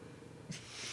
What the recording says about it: That sound of Deuce snoring in the background. Considering he didn't sleep at all. It's actually pretty normal for them to be that uncomfortable after that many vaccinations. But if you swing over, I'll give him some Rimadyl, which is like an anti-inflammatory.